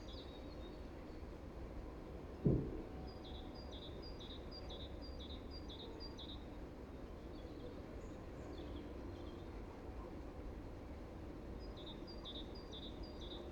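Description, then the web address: Great tit song, a quick series of repeated paired notes heard twice, following a single dull thump near the start, with continuous low urban rumble throughout. Recorded in a neighbourhood. "ecoute de mon quartier mesange charbonniere"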